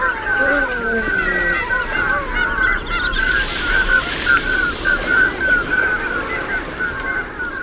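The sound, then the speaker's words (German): A flock of common scoters gives repeated short, piping whistles at one steady pitch, overlapping in a continuous chatter over a constant low rush of sea and wind. “Abschließend vielleicht noch, am Meer kann man dann auch immer mal die Stimmen hören. Und die sind tatsächlich sehr hübsch skurril, wie bei vielen arktischen Entenvögeln.”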